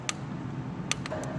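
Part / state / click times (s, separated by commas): torque wrench on spark plug in cylinder head / torque reached / 0.1 s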